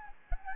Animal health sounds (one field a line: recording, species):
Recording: mosquito wingbeat signal from an infrared sensor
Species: Anopheles gambiae